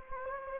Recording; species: mosquito wingbeat signal from an infrared sensor; Anopheles gambiae